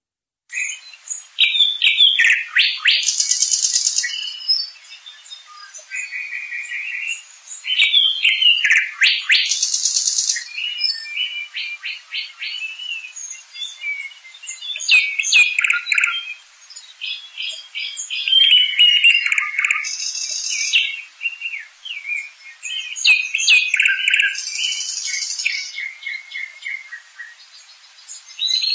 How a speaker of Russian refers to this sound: Соловьи.